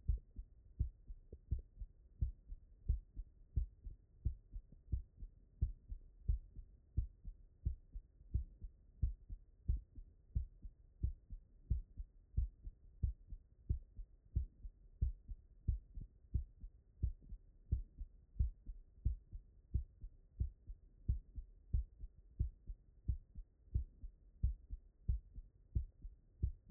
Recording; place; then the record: heart sounds by stethoscope; mitral valve (MV)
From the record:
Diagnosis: non-HFrEF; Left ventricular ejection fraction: 46%